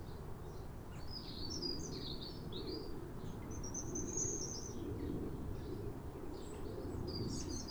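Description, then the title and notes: European robin song: high, liquid warbling phrases with thin drawn-out whistles and fast twitters, above steady low background noise. Pair of robins in neighbouring gardens singing a duet at a clear, calm rosy sunrise at New Year in winter, after weeks of rain. "Sound Escape 150: Be uplifted by a chorus of New Year's robins. A pair of robins in neighbouring gardens welcome the early sun with wistful phrases as if chatting over the fence. Recorded by Fergus Collins. BBC Countryfile Magazine"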